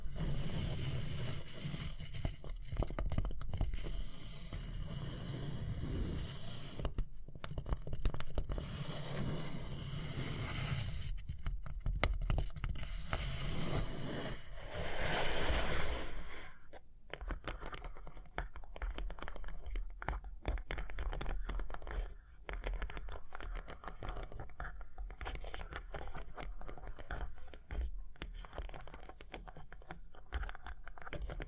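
Tapping and scratching go on throughout, with dense rough scraping and rubbing over a steady low rumble for the first sixteen seconds. After that the sound thins into sharper, separate taps and scratches that come quickly but irregularly, with brief pauses around 22 and 28 seconds.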